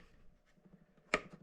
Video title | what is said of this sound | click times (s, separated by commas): Berry's QD-500 Vibratory Dry Tumbler! | and it snaps into place and that's it | 1.1 s